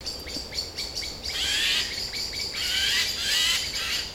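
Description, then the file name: Eurasian jay giving two rasping, drawn-out screeches midway, with thin chirps from other small birds repeating throughout. "Garrulus glandarius"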